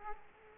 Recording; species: mosquito wingbeat signal from an infrared sensor; Culex quinquefasciatus